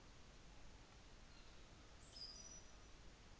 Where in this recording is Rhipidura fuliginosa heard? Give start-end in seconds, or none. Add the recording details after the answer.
none. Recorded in New Zealand on 24 December 2018. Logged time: 17:45